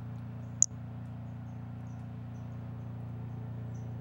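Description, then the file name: White-lined pumpkin toadlet call: a single sharp, very high chirp near the start, then a steady low hum with a few faint high ticks. "Brachycephalus albolineatus"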